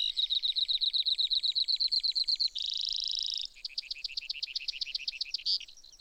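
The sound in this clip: Brewer's sparrow singing. A rapid, evenly pulsed trill leads into a harsh buzz, then a looser wavering trill and one sharp closing note.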